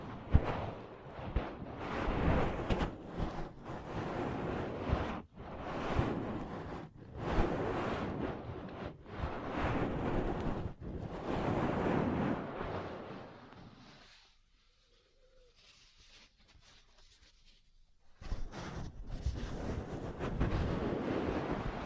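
Dense rustling and rubbing noise fills most of the clip, swelling and easing in uneven strokes with brief sharp breaks, like hands working over skin or a microphone. Around 14 to 18 seconds it drops to near silence with faint scraping, then the rubbing resumes.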